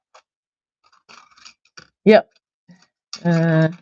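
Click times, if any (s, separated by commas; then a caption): none. A thin metal cutting die is handled and pressed, die side facing up, toward its recess in a plastic hybrid embossing folder, with faint scratchy contacts and light taps amid someone talking. Nothing has seated or clicked yet.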